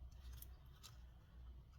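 A laptop LCD display ribbon cable connector is pushed evenly into its socket on the motherboard of an Acer Nitro AN515-43 (N18C3, AN515-43-R0YM). There is a brief sharp click at 0.4 s over a low steady hum, and the connector stops short and is left not fully seated.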